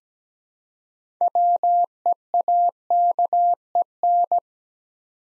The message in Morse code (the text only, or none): WEAKEN